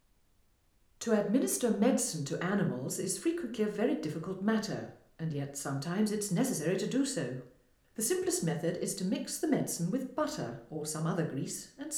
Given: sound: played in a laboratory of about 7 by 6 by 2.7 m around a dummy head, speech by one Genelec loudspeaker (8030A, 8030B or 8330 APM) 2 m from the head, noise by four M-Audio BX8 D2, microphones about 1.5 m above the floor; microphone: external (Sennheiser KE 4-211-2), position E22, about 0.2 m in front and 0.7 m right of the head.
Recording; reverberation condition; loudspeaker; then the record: female speech in English; medium; 90 degrees to the right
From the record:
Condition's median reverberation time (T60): about 510 ms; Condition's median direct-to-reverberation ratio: about -0.5 dB